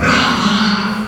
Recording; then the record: squeal of a Yucatan mini pig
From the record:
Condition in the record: after surgery on the right vocal fold (resection and tissue-engineered implant); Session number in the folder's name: 15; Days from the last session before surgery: 175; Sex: female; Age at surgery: 19 weeks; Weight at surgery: 25 kg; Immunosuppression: prednisolone